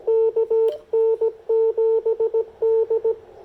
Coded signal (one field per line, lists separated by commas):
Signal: Morse code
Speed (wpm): 16 wpm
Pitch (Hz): 450 Hz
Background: none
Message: KN7D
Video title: Poor propagation but impressive QRP DX with the CHA MPAS 2.0 and Icom IC-705